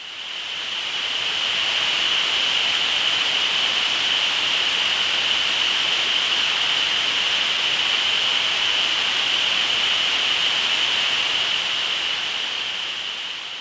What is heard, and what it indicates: Tinnitus 3000 Hz Noise Masking Audio Clip.